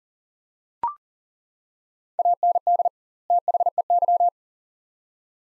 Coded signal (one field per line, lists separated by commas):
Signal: Morse code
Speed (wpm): 40 wpm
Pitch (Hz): 700 Hz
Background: none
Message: AND THEY